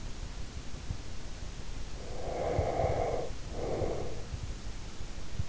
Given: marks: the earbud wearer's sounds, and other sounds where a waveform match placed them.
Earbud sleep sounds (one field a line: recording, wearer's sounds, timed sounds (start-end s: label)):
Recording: sounds in sleep by an in-ear microphone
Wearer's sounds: breath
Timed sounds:
1.92-4.37 s: breath